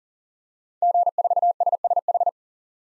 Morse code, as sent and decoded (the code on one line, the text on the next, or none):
--. ....- ... ... ....
G4SSH